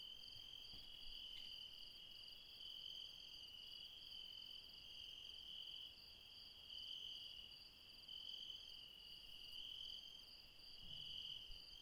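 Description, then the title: Insects in a steady high-pitched chorus, ringing tones pulsing gently and unevenly against a constant background drone. Mountain insects calling late at night near Refuge Krevatia, Barbala, Dion, Greece. "Refuge Krevatia, Μπαρμπαλά, Dion 601 00, Greece - Late night mountain insects"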